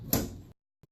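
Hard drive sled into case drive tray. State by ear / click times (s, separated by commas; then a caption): seated / 0.1 s. A hard drive fitted with side sleds is slid into the computer case's drive tray and clicks into place at 0.1 s with a sharp, bright snap. A scraping slide sound fades out by about 0.5 s, and a faint low knock follows at around 0.8 s. The drive is seated.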